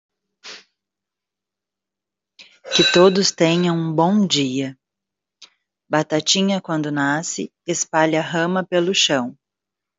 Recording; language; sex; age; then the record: short text; Brazilian Portuguese; female; 40 to 49 years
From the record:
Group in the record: control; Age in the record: 42 years